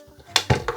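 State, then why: Seated. The very tight tilt bracket (mounting yoke) of a Godox SL60W video light is tilted, and its ratcheting detent clicks from notch to notch, sharp clicks at 0.4, 0.5 and 0.7 seconds. The detent seats into each notch, holding the light so it doesn't move around.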